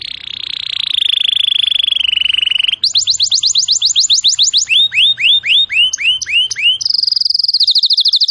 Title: Cengkok Kenari Mewah. MASTERAN KENARI CENGKOK mewah